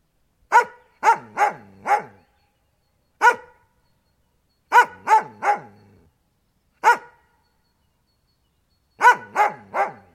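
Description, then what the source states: Dog barking in bursts of three or four sharp barks separated by short pauses, with single barks in between. Dog barking constantly.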